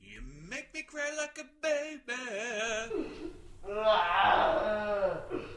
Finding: Baby Cry.